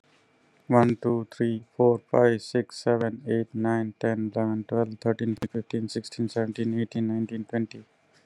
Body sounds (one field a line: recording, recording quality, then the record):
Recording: counting at a normal pace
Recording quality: excellent, no background noise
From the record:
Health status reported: healthy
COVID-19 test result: negative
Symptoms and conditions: cold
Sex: male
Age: 48 years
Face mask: worn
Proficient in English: yes